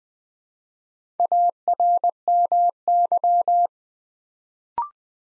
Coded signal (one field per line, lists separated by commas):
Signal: Morse code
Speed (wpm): 20 wpm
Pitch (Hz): 700 Hz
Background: none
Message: ARMY